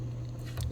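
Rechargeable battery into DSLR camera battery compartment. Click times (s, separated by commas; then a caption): 0.6 s. A rechargeable battery pack is pushed into the battery compartment of a Canon T3i (600D, Kiss X5) DSLR camera in the correct orientation, since it will only click into place the right way round. Over a steady low hum, a short sharp click sounds at 0.6 s as the battery latches and is seated.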